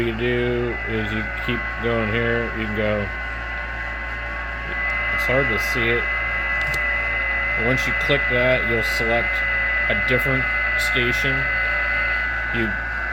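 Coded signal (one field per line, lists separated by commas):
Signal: FT8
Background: speech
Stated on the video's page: FT8 sent at QRP power from a home station.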